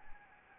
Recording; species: mosquito wingbeat signal from an infrared sensor; Anopheles arabiensis